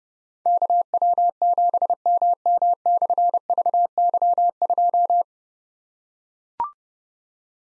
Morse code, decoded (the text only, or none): KW7MM/VY2